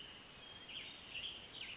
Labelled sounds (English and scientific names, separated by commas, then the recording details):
Chestnut-backed Chickadee (Poecile rufescens)
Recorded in Sonoma County, California